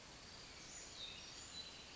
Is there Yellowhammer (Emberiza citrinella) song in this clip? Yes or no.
no